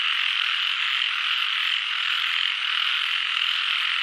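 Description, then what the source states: Frogs in full chorus, a constant shimmering mass of high trilled calls without breaks. Frog chorus in Doi Suthep National Park, Thailand.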